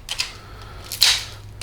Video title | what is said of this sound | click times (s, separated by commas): M52 STROKER BUILD PART 2 THE IMPORTANT DETAILS | thing clicks in place and | 1.0 s